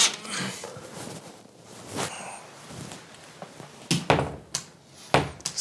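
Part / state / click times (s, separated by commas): door latch bolt into strike plate on door frame / not seated / none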